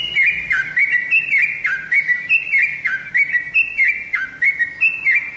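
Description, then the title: Oriental magpie-robin giving clear whistled phrases that fall then hold, repeated steadily, with sharp metallic high ticks. "Kicau Kacer"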